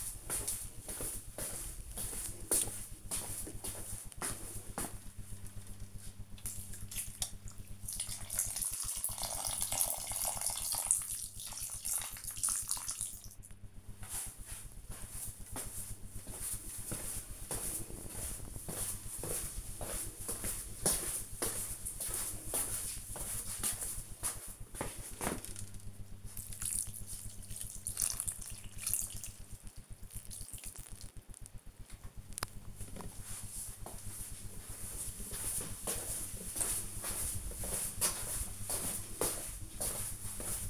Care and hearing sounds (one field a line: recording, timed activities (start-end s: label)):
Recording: household activities, microphone on the right wrist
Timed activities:
0.00-31.05 s: watering plant